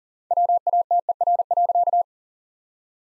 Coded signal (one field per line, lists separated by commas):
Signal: Morse code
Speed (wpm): 37 wpm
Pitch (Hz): 700 Hz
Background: none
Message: WATER.